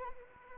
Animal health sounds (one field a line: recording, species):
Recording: mosquito wingbeat signal from an infrared sensor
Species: Anopheles arabiensis